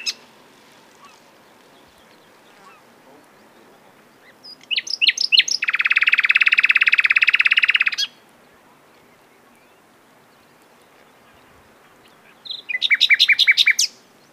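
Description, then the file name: Common nightingale song: a burst of quick sharp notes, then a long dry buzzy rattle, a long pause, and another rapid clipped phrase. "Luscinia megarhynchos"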